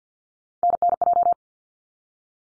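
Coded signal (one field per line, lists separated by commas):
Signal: Morse code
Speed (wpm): 50 wpm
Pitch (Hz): 700 Hz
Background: none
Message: NNJ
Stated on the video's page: Morse head-copy drill of ARRL section abbreviations used in Field Day exchanges, at 50 wpm, each sent, then spoken, then sent again.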